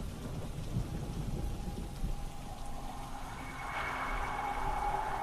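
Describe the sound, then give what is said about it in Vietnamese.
Steady rain pours down with a low, rumbling roll of thunder underneath, the downpour swelling louder and hissier toward the end of the storm. “Một tia sét lóe lên ở bên ngoài ô cửa sổ.”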